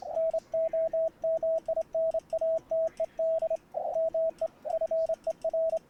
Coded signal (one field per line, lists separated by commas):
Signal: Morse code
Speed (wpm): 28 wpm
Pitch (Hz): 650 Hz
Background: radio noise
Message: NOMINATED ME FER